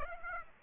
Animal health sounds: mosquito wingbeat signal from an infrared sensor; Aedes aegypti

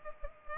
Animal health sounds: mosquito wingbeat signal from an infrared sensor; Culex pipiens

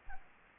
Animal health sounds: mosquito wingbeat signal from an infrared sensor; Aedes aegypti

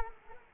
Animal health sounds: mosquito wingbeat signal from an infrared sensor; Culex quinquefasciatus

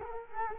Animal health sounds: mosquito wingbeat signal from an infrared sensor; Culex quinquefasciatus

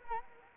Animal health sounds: mosquito wingbeat signal from an infrared sensor; Anopheles arabiensis

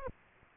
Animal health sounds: mosquito wingbeat signal from an infrared sensor; Aedes aegypti

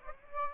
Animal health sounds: mosquito wingbeat signal from an infrared sensor; Aedes aegypti

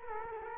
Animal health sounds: mosquito wingbeat signal from an infrared sensor; Culex quinquefasciatus

